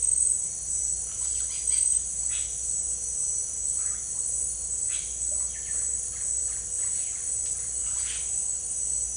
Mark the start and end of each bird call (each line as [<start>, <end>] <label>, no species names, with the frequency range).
[1.14, 2.65] bird call (0.8-5.5 kHz)
[4.75, 8.36] bird call (0.8-5.3 kHz)